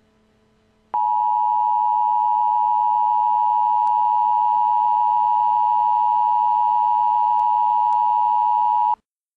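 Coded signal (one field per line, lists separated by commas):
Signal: Emergency Alert System (SAME) tones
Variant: 853 and 960 Hz attention tone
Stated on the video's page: Real EAS activations during the St. Louis tornado, presented as a timeline.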